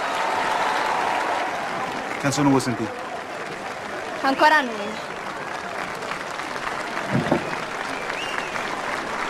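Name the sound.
audience applause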